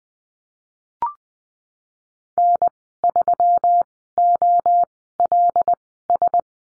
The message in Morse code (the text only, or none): N3OLS